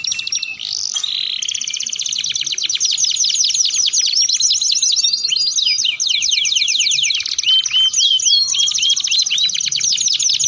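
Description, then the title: Atlantic canary singing loudly, a long unbroken stream of quick repeated trill notes, with the pace shifting and some rising slurs near the end. Belgian canary song used to stimulate other canaries into singing and to tutor young canaries. "Canto Para Esquentar Canário Belga. Suara Pancingan Kenari Gacor || Bagus Untuk Masteran Kenari Paud"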